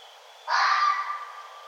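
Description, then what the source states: Red fox giving a single loud, hoarse, rasping call that slowly fades, over a thin steady high hum. 1 November 2011.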